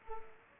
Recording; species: mosquito wingbeat signal from an infrared sensor; Culex pipiens